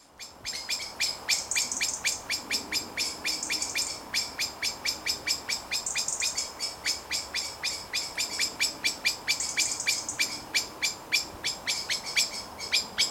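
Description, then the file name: Common blackbird delivering a long, fast run of sharp clicking chinks, broken at intervals by short high-pitched squeaky bursts. "Turdus merula"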